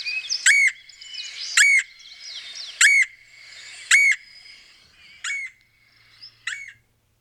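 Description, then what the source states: Red-headed Woodpecker calls: harsh notes repeated about once a second, six in a row, the last two softer; faint other bird calls between them. Call much different from the Red-bellied Woodpecker's.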